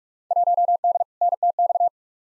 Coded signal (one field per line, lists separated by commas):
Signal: Morse code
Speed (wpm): 44 wpm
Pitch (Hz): 700 Hz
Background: none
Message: 1D NTX